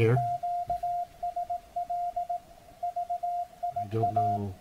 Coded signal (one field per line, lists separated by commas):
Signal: Morse code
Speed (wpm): 18 wpm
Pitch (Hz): 700 Hz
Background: speech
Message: QSL VIA